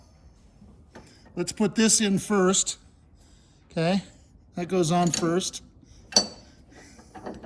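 Someone talks while fitting a component of a Moog coil spring compressor tool onto the tool, used for removing the front coil spring of a 1961-66 Thunderbird. Light metal clinks and handling sounds are heard, with a sharp clink around 6.2 s. The part is still being pushed on and nothing has seated or locked in yet.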